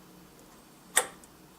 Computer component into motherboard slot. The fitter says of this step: then push down firmly but nicely until it clicks